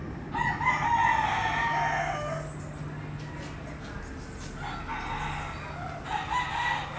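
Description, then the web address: Chicken: rooster crow rising and falling for nearly two seconds, followed by fainter, shorter crows from other birds later, with a low humming background. Roosters crowing at dawn in Puerto Rico. "puerto rico coqs aube PRico"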